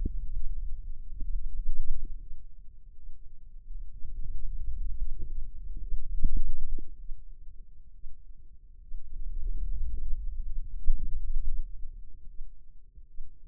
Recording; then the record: forearm muscle sounds (acoustic myography)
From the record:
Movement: wrist extension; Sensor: system 2, bracelet of six BSWA MPA416 microphones around the upper forearm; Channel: 2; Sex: female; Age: 25 years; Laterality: right